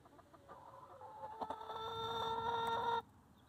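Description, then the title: Chicken giving a long, steady harmonic call that swells in loudness and stops abruptly, with a few soft clucks before it. Chickens in their coop. "In the chicken coop - A csirkeólban"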